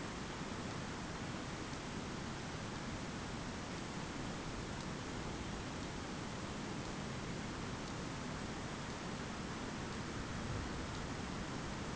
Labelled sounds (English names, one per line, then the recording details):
none
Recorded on Arctic tundra, site ZACK-1, on 15 June 2019
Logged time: 21:49